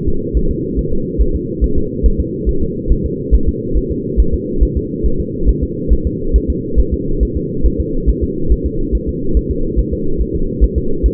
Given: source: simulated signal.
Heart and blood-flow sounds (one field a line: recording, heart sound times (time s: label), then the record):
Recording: fetal heart sounds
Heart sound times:
0.08 s: S2
0.37 s: S1
0.51 s: S2
0.79 s: S1
0.93 s: S2
1.22 s: S1
1.36 s: S2
1.64 s: S1
1.78 s: S2
2.06 s: S1
2.20 s: S2
2.49 s: S1
2.63 s: S2
2.92 s: S1
3.06 s: S2
3.34 s: S1
3.49 s: S2
3.77 s: S1
3.91 s: S2
4.20 s: S1
4.34 s: S2
4.63 s: S1
4.77 s: S2
5.06 s: S1
5.20 s: S2
5.49 s: S1
5.63 s: S2
5.93 s: S1
6.07 s: S2
6.36 s: S1
6.50 s: S2
6.80 s: S1
6.94 s: S2
7.23 s: S1
7.37 s: S2
7.66 s: S1
7.80 s: S2
8.09 s: S1
8.23 s: S2
8.52 s: S1
8.66 s: S2
8.95 s: S1
9.09 s: S2
9.37 s: S1
9.51 s: S2
9.79 s: S1
9.93 s: S2
10.22 s: S1
10.36 s: S2
10.64 s: S1
10.78 s: S2
11.06 s: S1
From the record:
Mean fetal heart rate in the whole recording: 140 bpm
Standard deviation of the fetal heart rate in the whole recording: 2 bpm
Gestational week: 34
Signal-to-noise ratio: -8.1 dB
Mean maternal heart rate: 72 bpm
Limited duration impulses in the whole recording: absent